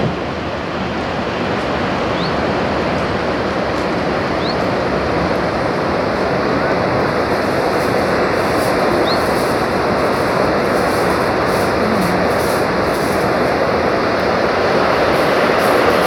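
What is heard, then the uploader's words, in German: The Rhine Falls at Schaffhausen pour in a dense, unbroken roar, deep and steady throughout, with a few faint high chirps early on. Der Rheinfall in Schaffhausen Schweiz.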